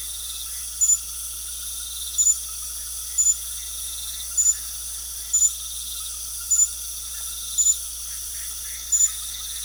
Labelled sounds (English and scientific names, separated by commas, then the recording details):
none
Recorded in pastures near Puerto Asís, Putumayo, Colombia, on 4 March 2025 at 23:30
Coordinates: 0.497, -76.327
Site G072